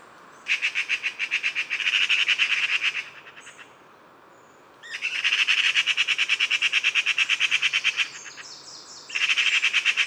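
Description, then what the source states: Eurasian magpies chattering in alarm: harsh, rapid rattles in three bursts separated by pauses. Magpies chattering in alarm provoked by a squirrel near its nest high in a tree fork; Bois de Vincennes, Paris, weekday autumn morning.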